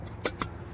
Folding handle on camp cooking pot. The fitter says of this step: this is all going to lock into place drop that into the next size up